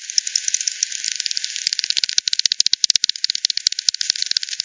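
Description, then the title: Bat echolocation calls: soft scattered ticks giving way to loud, regular trains of sharp clicks. Multiple bats by the Hogsmill River, Hogsmill Lane, 7 October 2020 at 18:10 Z; frequency-division (FD10) bat detector recording, bandpass filtered and resampled. "WW bat 20201007 T 18 : 10 Z-Hogsmill-Lane-Hogsmill-River-multiple-bats"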